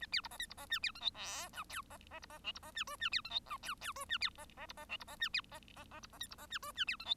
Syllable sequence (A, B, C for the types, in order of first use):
A B C D A C D E B F G H I J D D C D K C D E L E B F G J J J L E B D D C D K C D E B D D D C D A C D E L E B F G